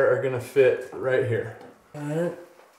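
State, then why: Not seated. A roller blind end is being handled and lined up with its mounting bracket while someone talks. Nothing has seated or clicked yet.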